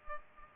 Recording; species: mosquito wingbeat signal from an infrared sensor; Culex pipiens